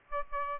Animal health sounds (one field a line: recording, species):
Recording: mosquito wingbeat signal from an infrared sensor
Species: Aedes albopictus